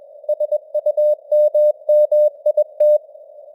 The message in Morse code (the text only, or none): SUMMIT